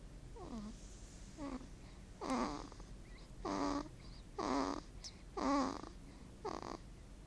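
Seven buzzy, slightly tonal snore bursts come at a fast, fairly steady pace of about one per second, with quiet pauses between them: fluttering, purr-like snoring.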